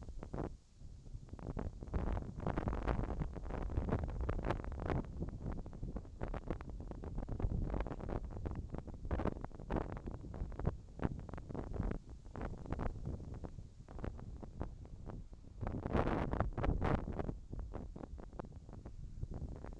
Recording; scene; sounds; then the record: everyday scene through a hearing-aid microphone; wind on the microphone; wind, whistling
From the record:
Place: in front of a rural house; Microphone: in the ear canal, left